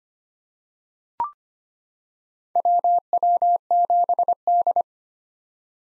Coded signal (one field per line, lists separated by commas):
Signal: Morse code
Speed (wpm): 25 wpm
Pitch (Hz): 700 Hz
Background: none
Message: WW7D